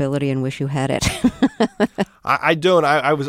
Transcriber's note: soundbite of laughter